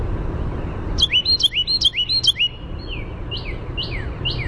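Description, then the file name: Carolina wren singing a quick series of ringing, rolling phrases repeated several times, followed by softer descending whistled notes over background noise. "CARW song"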